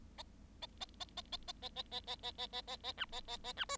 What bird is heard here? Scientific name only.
Lonchura striata domestica